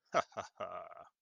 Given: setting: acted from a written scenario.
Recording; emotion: vocal sound without words; pride